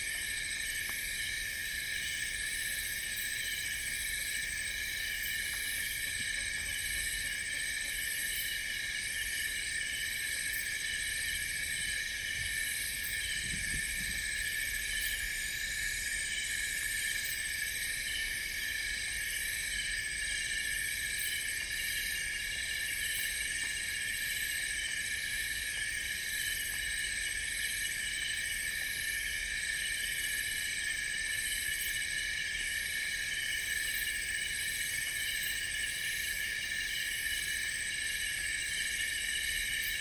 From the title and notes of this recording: Nightfall In The Congo Jungle. As daylight starts to fade.